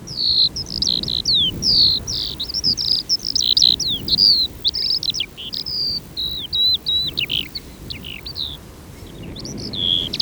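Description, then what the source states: Eurasian skylark song, a fast stream of high, twittering and slurred notes, with a brief pause near the end. Singing in the reeds.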